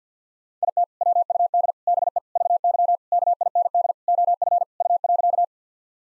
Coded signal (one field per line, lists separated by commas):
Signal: Morse code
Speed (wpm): 50 wpm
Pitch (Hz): 700 Hz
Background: none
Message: IT WUD BE VY KIND OF U.